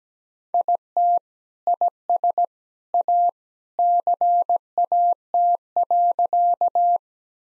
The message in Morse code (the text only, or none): IT IS A CAT.